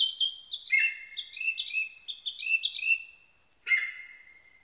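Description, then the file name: Narcissus flycatcher delivering a busy stream of alternating high and lower whistled notes, a short silence, then a closing slurred whistle. Recorded 21 May 1999. "990521 kibitaki"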